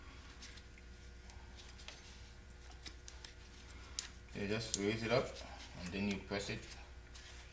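While changing spark plugs on a 2009 BMW 528xi, the plastic locking clip of the ignition coil's electrical connector is handled, with a few faint ticks and a sharper tap near 4.0 s, and someone talks. Nothing has seated or clicked yet; the connector is not yet clipped on.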